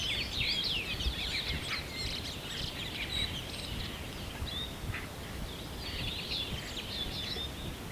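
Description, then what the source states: Birds singing in a dense chorus of high chirps, twitters and short trills, overlapping throughout over a steady low background rumble. At sunrise.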